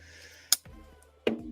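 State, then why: Seated. A folding knife is flicked open, giving two sharp clicks: at 0.5 s the detent ball leaves the blade tang, and at 1.3 s the steel lock bar drops in behind the blade. The lock bar snaps into place and the blade is locked open.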